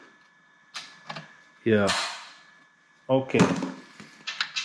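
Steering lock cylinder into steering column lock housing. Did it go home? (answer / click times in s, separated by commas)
yes / 4.3 s, 4.4 s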